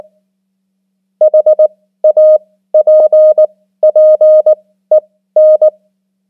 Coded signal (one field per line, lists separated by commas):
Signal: Morse code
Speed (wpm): 19 wpm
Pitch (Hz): 620 Hz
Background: none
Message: HAPPEN